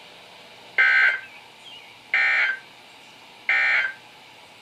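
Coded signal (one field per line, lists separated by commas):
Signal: Emergency Alert System (SAME) tones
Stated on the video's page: Weather radio broadcasts on 162.550, 162.475 and 162.450 MHz, received on several weather radios including Motorola MWR822, Maxon WX70, Midland 74-109, Reecom R1650, Sangean CL100, RadioShack models.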